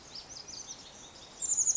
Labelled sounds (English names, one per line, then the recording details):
Pacific Wren
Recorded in Sonoma County, California